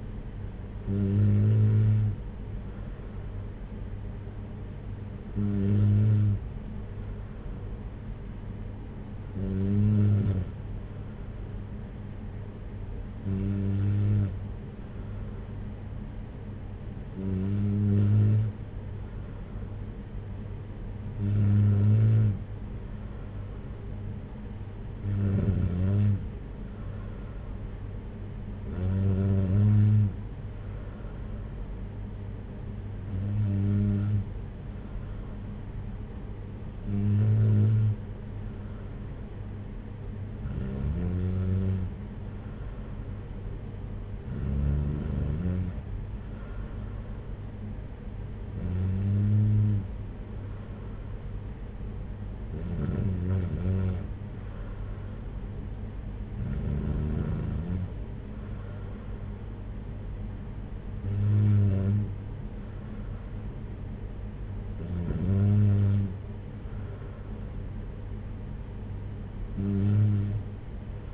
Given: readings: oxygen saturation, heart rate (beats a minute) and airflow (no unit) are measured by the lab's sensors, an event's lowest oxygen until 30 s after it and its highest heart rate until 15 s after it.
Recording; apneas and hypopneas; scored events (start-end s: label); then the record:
breathing in sleep by a smartphone at the bedside; none
none scored
From the record:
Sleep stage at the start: N3 (deep sleep); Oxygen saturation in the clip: 93 to 95%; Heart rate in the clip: 54 to 62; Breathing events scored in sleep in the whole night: 226 in 8.8 hours asleep